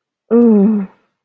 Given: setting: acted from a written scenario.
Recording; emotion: vocal sound without words; ecstasy